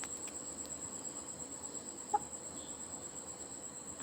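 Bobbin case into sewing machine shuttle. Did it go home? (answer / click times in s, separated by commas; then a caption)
yes / 2.1 s. A bobbin case is fitted into a sewing machine's shuttle race until it latches, with one short, small click at 2.1 s. Background noise is steady with a constant high-pitched tone, and no one talks. The bobbin case locks into place.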